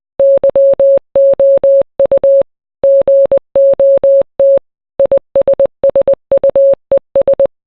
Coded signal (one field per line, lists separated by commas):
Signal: Morse code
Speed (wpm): 20 wpm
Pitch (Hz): 550 Hz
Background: none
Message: YOU GOT ISSUES